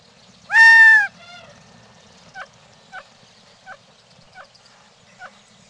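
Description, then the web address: Gambel's Quail giving a loud, nasal, harmonic-rich call lasting about half a second, followed by several short soft clucks spaced under a second apart. "Peterson North American Birds iso sound gaqu"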